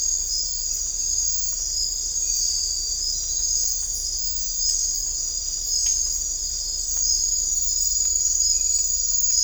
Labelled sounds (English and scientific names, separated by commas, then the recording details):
none
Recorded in dense forest near Puerto Asís, Putumayo, Colombia, on 16 December 2024 at 03:30
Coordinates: 0.500, -76.322
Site G053